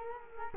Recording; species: mosquito wingbeat signal from an infrared sensor; Culex quinquefasciatus